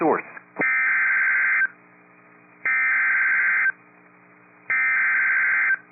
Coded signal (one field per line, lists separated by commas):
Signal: Emergency Alert System (SAME) tones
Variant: header bursts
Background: speech